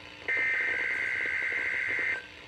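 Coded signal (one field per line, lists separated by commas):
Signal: Emergency Alert System (SAME) tones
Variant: header bursts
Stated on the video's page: Required weekly test from NOAA Weather Radio station WXK22, received on Midland WR400 and HH50 radios.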